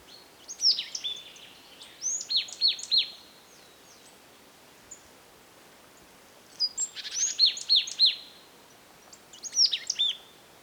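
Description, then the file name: Marsh tit calls: sharp high downslurred notes running into nasal, buzzy chatters, given in four bursts spaced one to a few seconds apart. "Poecile palustris"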